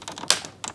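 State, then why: Seated. A plastic housing tab is pressed closed into the modular housing of a Keurig coffee maker while it is put back together during a fix for a frozen screen. Light plastic ticks at 0.1 s, 0.4 s and 0.7 s surround one loud, sharp snap at 0.3 s, where the tab snaps closed and seats.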